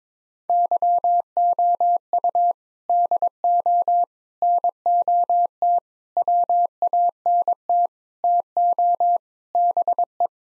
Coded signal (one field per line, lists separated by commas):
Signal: Morse code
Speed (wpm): 22 wpm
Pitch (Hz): 700 Hz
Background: none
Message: YOU DO NOT WANT TO BE